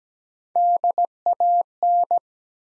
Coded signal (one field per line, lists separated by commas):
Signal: Morse code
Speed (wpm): 17 wpm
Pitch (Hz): 700 Hz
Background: none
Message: DAN